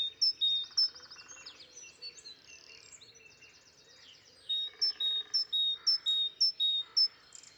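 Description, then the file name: Great tit calls: bright two-note whistled phrases repeated rapidly at the start and end, with a stretch of buzzy, rattling notes in between. "Parus major"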